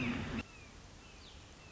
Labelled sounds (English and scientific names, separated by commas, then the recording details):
Red-shouldered Hawk (Buteo lineatus)
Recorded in Sonoma County, California